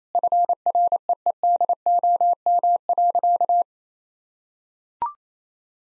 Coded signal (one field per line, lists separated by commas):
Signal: Morse code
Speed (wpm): 28 wpm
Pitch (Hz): 700 Hz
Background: none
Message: FREEDOM.